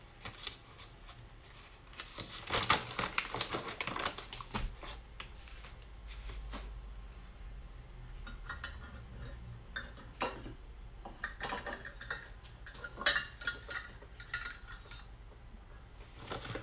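Banana bread being made: a run of clinks, scrapes and clatters of utensils against bowls and pans, dense around 2–5 seconds and again from 8 to 16 seconds. A low rumble sits underneath near the 6-second mark, with quieter shuffling between bursts.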